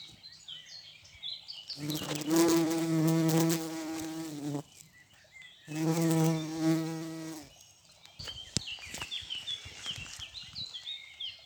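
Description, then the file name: Bumblebee buzzing in two loud droning bursts of about three and two seconds, a low humming tone with rich harmonics. "Bourdons"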